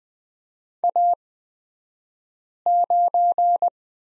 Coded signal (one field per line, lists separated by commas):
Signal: Morse code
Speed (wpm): 20 wpm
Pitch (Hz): 700 Hz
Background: none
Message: A9